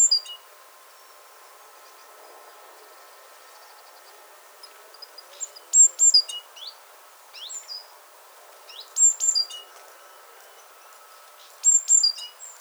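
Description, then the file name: Great tit calls, brief high chirping clusters arriving irregularly every few seconds, with fainter scattered notes and a faint continuous hum behind. "Parus major"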